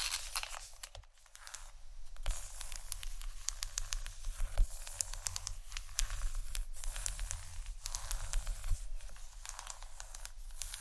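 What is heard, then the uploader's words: Fingers tap and scratch on chocolate, making a dense run of dry, crackly clicks and rasping scrapes. Sharper taps stand out now and then, around two, four and a half, six and nearly nine seconds. A faint low hum runs steadily underneath. ASMR Tap & Scratch On Chocolate （No Talking）.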